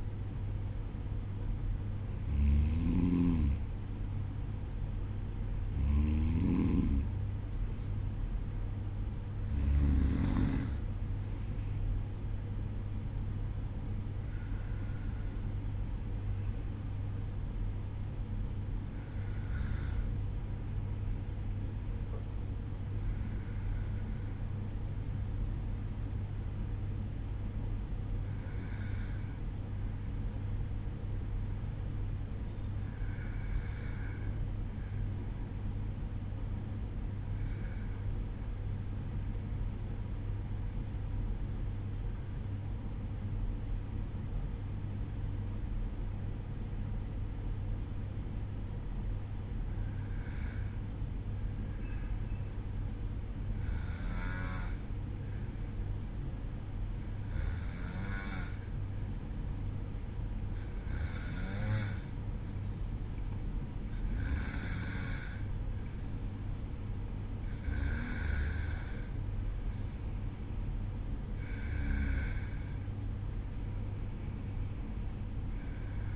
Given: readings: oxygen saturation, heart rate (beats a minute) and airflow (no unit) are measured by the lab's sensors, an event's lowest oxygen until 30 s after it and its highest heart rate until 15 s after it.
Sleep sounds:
breathing in sleep by a smartphone at the bedside; 1
2.00-76.16 s: new sleep stage, N1 (lightest sleep)
31.00-68.40 s: hypopnea (N1, oxygen 95% highest, then 92% lowest, heart rate 53 at the start, 60 highest)
From the record:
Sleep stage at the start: N2 (light sleep); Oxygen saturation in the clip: 92 to 95%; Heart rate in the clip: 52 to 60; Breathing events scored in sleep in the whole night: 305 in 9.6 hours asleep

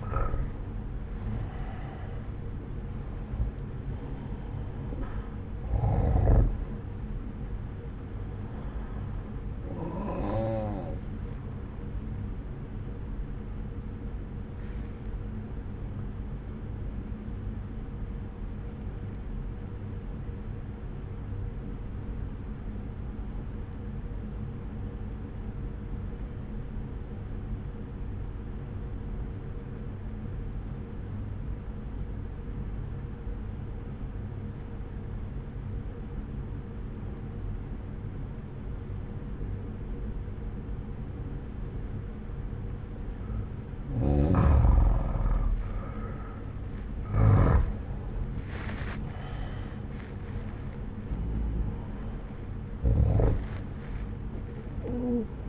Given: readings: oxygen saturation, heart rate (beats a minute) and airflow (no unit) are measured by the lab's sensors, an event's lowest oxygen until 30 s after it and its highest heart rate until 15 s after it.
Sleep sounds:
breathing in sleep by a smartphone at the bedside; 1
21.00-45.90 s: obstructive apnea (N1, oxygen 95% highest, then 87% lowest)
30.00-55.49 s: new sleep stage, N2 (light sleep)
From the record:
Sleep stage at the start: N1 (lightest sleep); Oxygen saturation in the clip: 86 to 95%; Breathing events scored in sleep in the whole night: 303 in 8.1 hours asleep

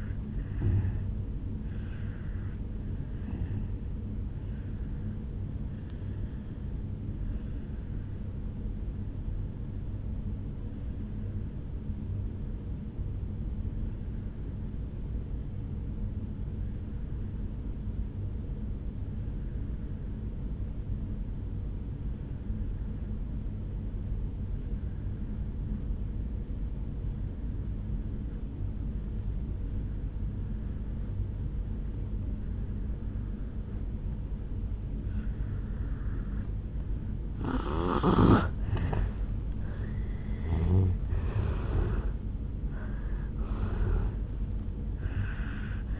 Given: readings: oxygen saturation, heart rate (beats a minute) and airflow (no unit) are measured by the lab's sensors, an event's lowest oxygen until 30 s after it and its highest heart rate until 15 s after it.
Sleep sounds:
breathing in sleep by a smartphone at the bedside; 1
9.00-37.30 s: obstructive apnea (N1, oxygen 96% highest, then 82% lowest, heart rate 54 at the start, 77 highest)
From the record:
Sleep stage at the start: N1 (lightest sleep); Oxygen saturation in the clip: 83 to 96%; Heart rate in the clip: 54 to 79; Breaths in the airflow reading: 5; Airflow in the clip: -11.6 to 7.3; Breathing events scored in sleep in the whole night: 449 in 7.0 hours asleep

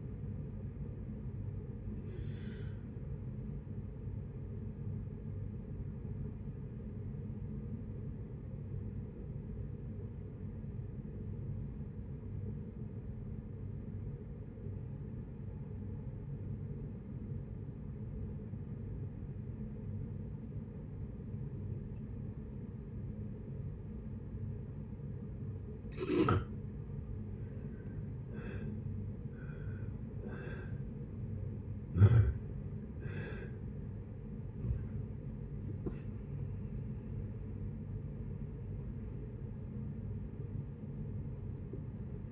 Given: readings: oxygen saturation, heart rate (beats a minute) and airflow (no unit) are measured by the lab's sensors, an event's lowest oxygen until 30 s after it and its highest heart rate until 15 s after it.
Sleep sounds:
breathing in sleep by a smartphone at the bedside; 1
8.00-28.20 s: obstructive apnea (N1, oxygen 97% highest, then 82% lowest, heart rate 78 at the start, 78 highest)
22.00-42.32 s: new sleep stage, N2 (light sleep)
From the record:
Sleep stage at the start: N1 (lightest sleep); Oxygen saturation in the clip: 82 to 97%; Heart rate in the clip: 58 to 78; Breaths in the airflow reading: 7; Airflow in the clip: -11.4 to 15.5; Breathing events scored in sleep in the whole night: 496 in 5.4 hours asleep

